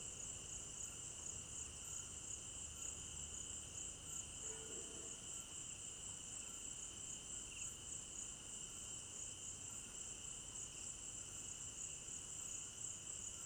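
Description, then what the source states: Crickets trilling in a dense, unbroken high chorus with a lower steady trill; a short low sound briefly intrudes partway through. Crickets at night in an African village garden; recorded in stereo binaural.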